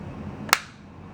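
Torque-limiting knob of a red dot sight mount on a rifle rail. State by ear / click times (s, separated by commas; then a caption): torque reached / 0.5 s. The large torque-limiting knob on the mount of a 2015 Aimpoint PRO red dot sight is tightened to clamp the sight onto a rifle rail. The knob slips and gives one loud, sharp click at 0.5 s. The mount has reached its proper torque setting.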